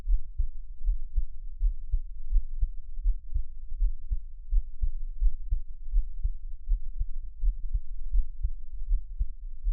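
Low, soft thumps of an adult's own heartbeat at about 83 a minute, with an uneven rhythm: some beats come early and closely paired, others after longer pauses. These are frequent, crazy skipped beats, irregularities in an otherwise steady heartbeat.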